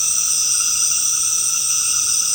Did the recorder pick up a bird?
no